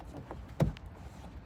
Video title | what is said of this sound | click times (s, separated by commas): Interior: Headliner, Steering Wheel, Center Armrest - 8th Gen Civic Coupe (2006-11, FG2) | Goes just like that. Clips right into place. | 0.6 s